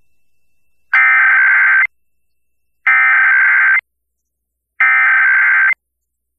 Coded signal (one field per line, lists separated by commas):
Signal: Emergency Alert System (SAME) tones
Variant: header bursts